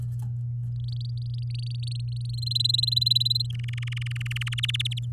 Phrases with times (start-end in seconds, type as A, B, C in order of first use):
0.88-2.53 A, 2.55-3.46 B, 3.50-4.60 C, 4.63-4.99 D